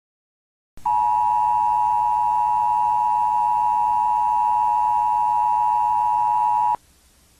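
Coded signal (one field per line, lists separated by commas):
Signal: Emergency Alert System (SAME) tones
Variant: 853 and 960 Hz attention tone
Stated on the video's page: Fictional EBS scenario, analog horror recreation.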